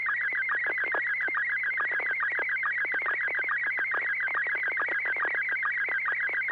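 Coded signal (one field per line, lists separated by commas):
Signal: SSTV (slow-scan television)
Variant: Scottie 1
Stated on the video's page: SSTV images exchanged in a weekly amateur net on an FM repeater at 441.300 MHz, sent with MMSSTV software.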